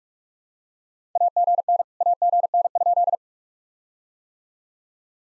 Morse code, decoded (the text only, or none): AGN AGN?